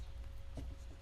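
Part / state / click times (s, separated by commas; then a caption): top cover part clipping onto its base / not seated / none. A snap-on top cover is handled and pressed down around its edge onto its base, making soft rubbing and handling noises over a low background hum with a steady tone. Nothing has seated or clicked yet; the cover is not yet home.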